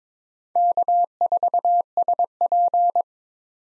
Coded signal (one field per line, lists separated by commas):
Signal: Morse code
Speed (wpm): 22 wpm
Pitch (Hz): 700 Hz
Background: none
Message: K4SP